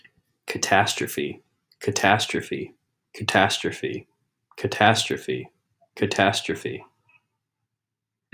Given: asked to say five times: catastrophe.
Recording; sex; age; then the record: repeated word; male; 20 to 29 years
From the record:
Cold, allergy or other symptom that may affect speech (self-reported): no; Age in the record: 27 years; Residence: Iowa, United States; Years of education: 16